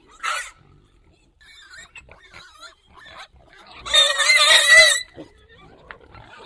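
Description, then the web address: Wild boar uttering a short high squeal, soft scattered sounds, then a longer loud squeal lasting about a second. Contact call of a wild boar. "kontakt wildschwein"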